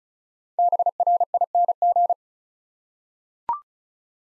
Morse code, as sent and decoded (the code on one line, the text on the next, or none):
-... .-. .. -. --.
BRING